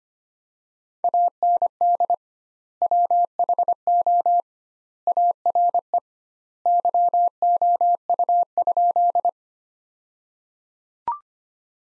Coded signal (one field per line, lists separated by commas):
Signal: Morse code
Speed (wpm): 25 wpm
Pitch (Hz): 700 Hz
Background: none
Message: AND WHO ARE YOU?